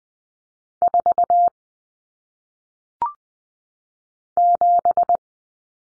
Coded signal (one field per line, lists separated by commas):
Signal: Morse code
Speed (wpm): 20 wpm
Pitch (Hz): 700 Hz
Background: none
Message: 4 7